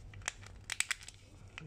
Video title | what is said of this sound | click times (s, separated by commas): Apesman Sunglasses X98 lens exchange guide. | okay, once you hear the click, which means they are all in place, so | 0.8 s